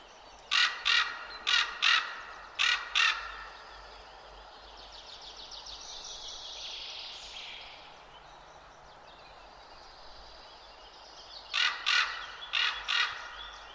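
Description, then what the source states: Common Raven calls: two bursts of harsh, croaking caws, about six rapid calls near the start and four more near the end, with a softer rushing sound between. A pair of ravens flying along the treetops, perching often and calling; recorded in the morning; possibly not breeding this year; birds rather unshy; after a mild winter.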